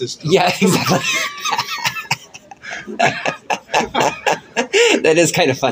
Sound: laughing